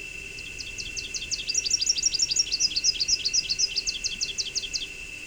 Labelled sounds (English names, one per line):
Rufous-capped Warbler song